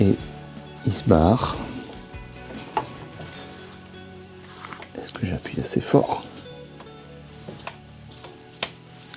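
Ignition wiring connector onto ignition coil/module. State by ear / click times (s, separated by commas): seated / 8.6 s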